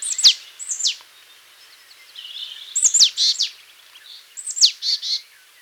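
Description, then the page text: Marsh tit giving abrupt high downslurred notes mixed with short buzzy chattering phrases. "Marsh Tit Calls. Quick Sounds"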